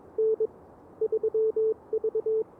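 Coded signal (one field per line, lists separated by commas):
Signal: Morse code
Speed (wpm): 22 wpm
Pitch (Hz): 440 Hz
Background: none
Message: N 3V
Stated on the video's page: CW Parks on the Air activation on an Elecraft KX2 with AX-1 antenna at 1 watt, later 5 watts.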